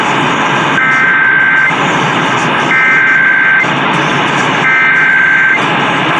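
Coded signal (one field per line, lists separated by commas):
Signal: Emergency Alert System (SAME) tones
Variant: header bursts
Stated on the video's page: Pennsylvania Required Monthly Test EAS tones recorded from several FM, AM and TV stations; one TV station recorded from DVR.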